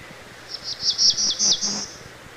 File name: Black-throated Blue Warbler